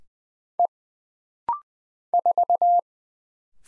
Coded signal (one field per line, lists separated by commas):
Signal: Morse code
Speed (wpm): 20 wpm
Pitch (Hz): 700 Hz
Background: none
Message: E 4